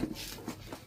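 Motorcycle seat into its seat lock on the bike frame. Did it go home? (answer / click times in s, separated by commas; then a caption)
no / none. A motorcycle seat fitted with a gel air cushion is handled as it is put back onto the bike toward its seat lock on the frame, giving soft shuffling and bumping sounds with a few low thuds near 0.0, 0.5 and 0.7 seconds. The clip ends before the seat latches, so nothing has seated or clicked yet.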